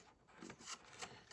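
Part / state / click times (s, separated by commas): set screw into pushrod swivel / stripped / 0.5 s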